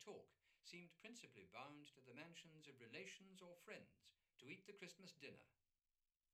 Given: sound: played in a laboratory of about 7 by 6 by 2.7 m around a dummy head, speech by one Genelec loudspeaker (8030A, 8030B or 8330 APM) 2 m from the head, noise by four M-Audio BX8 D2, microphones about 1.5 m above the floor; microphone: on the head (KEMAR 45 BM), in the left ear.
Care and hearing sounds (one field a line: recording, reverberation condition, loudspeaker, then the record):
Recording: male speech in English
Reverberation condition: low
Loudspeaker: 30 degrees to the left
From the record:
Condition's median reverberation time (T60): about 310 ms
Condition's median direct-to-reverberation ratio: about 3.5 dB